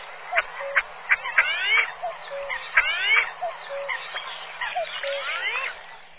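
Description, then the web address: Common pochard calls in a busy chorus: nasal, wheezy notes and quick rising and falling sweeps overlapping constantly, with short sharp clicks among them. "chants et cris fuligulemilouin"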